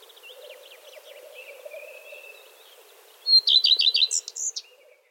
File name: Gartenrotschwanz Gesang